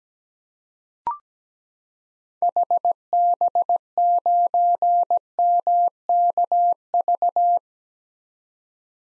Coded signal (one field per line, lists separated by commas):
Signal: Morse code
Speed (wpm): 17 wpm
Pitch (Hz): 700 Hz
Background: none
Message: HB9MKV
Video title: 2023 SOTA Chaser Call Signs - 17wpm